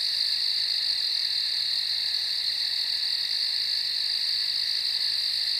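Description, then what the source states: Crickets in a steady, unbroken high-pitched chorus, a dense shimmering drone with no pauses throughout. Field at night.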